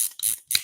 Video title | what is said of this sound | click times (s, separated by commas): Cosi Talks - Adjustable Sockets with Click Medical | push it in hopefully you heard that click and then | 0.6 s